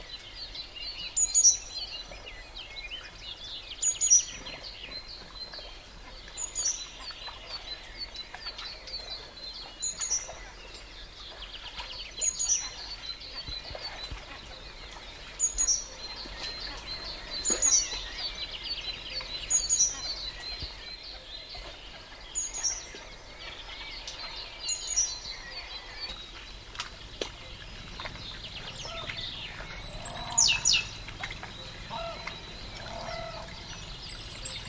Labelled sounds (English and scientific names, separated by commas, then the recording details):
Great Tit (Parus major)
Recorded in the wild
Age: adult
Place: Ossiach, AT
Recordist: Brunner, Thomas
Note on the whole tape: Aufgenommen am Ossiachersee